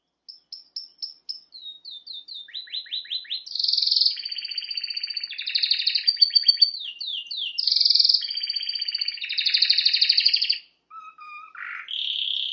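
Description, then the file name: Canary song opening with evenly spaced high whistled notes, then descending slurs leading into loud rolling trills and buzzy tours, ending with lower warbled notes. "Canary Voice"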